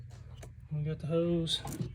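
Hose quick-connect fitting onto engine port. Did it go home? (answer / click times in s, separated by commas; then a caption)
no / none. A hose quick-connect fitting is handled at an engine port during a RIPP supercharger install on a 2020 Jeep Grand Cherokee, with a faint tap near 0.4 s while someone talks. The fitting has not seated or clicked yet.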